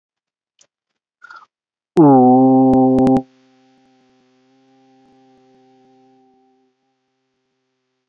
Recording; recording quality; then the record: sustained vowel as in boot; moderate, slight background noise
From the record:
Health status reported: COVID-19 positive, mild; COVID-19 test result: positive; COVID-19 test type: RT-PCR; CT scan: not taken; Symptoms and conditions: fever, diarrhoea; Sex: male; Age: 33 years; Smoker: no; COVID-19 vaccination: one dose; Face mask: worn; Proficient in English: yes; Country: India